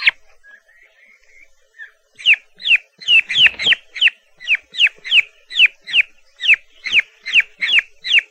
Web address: Turkey Chicks